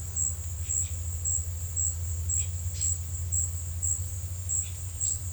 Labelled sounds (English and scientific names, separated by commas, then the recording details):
none
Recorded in secondary vegetation near Puerto Asís, Putumayo, Colombia, on 22 December 2024 at 16:30
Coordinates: 0.499, -76.323
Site G010